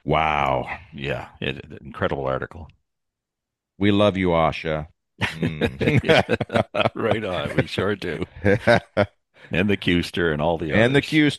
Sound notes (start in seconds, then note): 5.2 laughs; 8.3 laughs